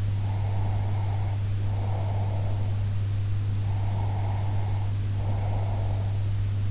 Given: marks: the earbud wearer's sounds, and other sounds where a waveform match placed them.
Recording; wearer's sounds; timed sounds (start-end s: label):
sounds in sleep by an in-ear microphone; breath
0.17-2.83 s: breath
3.60-6.18 s: breath